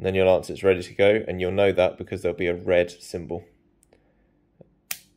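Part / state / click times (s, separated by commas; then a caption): release button and spring latch of a blood lancing device / released / 4.9 s. Someone talks for the first few seconds, then after a short near-silence a cocked plastic blood lancing device is released. The release button is pressed, the spring latch lets go, and the spring-loaded lancet snaps forward with one sharp, loud click at 4.9 seconds. The device has fired.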